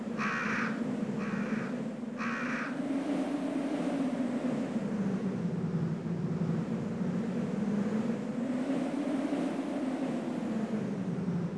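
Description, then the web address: Crow cawing: three short harsh caws in quick succession at the start, over a steady low rumble that continues throughout. "hallow cuervos"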